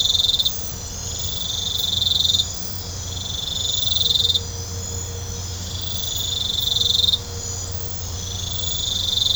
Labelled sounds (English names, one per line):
none